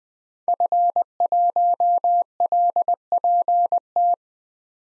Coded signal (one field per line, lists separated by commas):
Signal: Morse code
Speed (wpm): 20 wpm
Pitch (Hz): 700 Hz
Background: none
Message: F1LPT